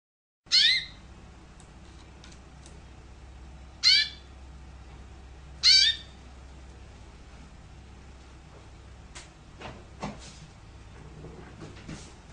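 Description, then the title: Canary giving three loud, sharp downward-sweeping chirps spaced a few seconds apart, followed by quieter faint ticks and rustling. "Kenari"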